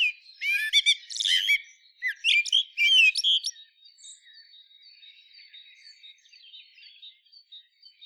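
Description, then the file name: Common blackbird uttering two clusters of high, scratchy twittering notes and sharp chirps over a few seconds, followed by quiet high-pitched background chatter. "Turdus merula"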